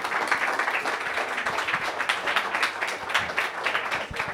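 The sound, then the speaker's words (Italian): Sustained applause from an audience at a comedy show, a dense, steady wash of many hands clapping at once with no voices standing out, holding an even loudness throughout. “Un grande applauso, il coraggio.”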